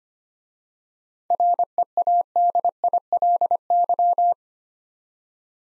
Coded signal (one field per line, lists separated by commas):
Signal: Morse code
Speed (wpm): 25 wpm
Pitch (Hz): 700 Hz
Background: none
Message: READILY